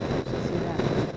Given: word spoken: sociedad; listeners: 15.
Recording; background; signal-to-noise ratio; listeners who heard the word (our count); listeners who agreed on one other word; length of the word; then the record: one Spanish word in noise, from a listening test; noise modulated by three-talker babble; -7.9 dB; 0 of 15; 6 of 15; 0.77 s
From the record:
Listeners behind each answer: 6, 2, 1, 1, 1, 1, 1, 1, 1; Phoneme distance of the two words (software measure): 24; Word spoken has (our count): 3 syllables, 8 phonemes, stress on syllable 3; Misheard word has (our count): 2 syllables, 6 phonemes, stress on syllable 2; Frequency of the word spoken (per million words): 301.35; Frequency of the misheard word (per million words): 387.05